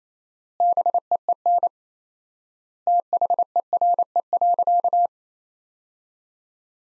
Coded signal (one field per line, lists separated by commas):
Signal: Morse code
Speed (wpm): 28 wpm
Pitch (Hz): 700 Hz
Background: none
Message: BEEN THERE.